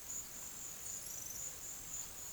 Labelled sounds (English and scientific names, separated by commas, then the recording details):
none
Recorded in pastures near Puerto Asís, Putumayo, Colombia, on 25 June 2025 at 15:00
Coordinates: 0.487, -76.322
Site H26